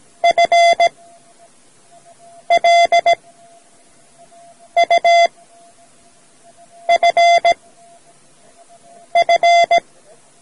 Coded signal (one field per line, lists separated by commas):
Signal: Morse code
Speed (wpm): 17 wpm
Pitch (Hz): 690 Hz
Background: none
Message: FLUFF